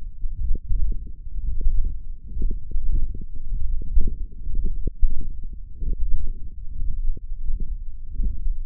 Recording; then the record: forearm muscle sounds (acoustic myography)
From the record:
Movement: ulnar deviation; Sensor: system 1, eight BSWA MPA416 microphones around the upper forearm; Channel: 5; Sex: male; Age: 21 years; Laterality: right